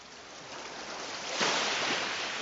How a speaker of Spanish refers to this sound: La Habana, Cuba. 29 de enero de 2017. La noche es de viento. En el malecón rompen las olas sobre un muro que desborda.